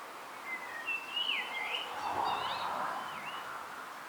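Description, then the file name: Common blackbird warbling whistled phrase, smooth and wavering, over a steady background hiss, with a few softer looping notes trailing afterward. "Turdus merula"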